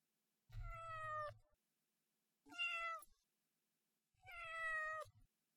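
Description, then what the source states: Cat: kitten giving three drawn-out meows, steady and slightly falling, spaced roughly two seconds apart, with soft low rumbling beneath two of them. Three-month-old kitten.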